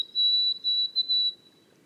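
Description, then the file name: White-throated sparrow song fragment, a high pure whistle held at one pitch and broken into a few sustained pieces. Boreal forest of Haute-Côte-Nord, recorded 29 May 2018. "bruant-a-gorge-blanche-foret-boreale-de-la-haute-cote-nord-29-mai-2018"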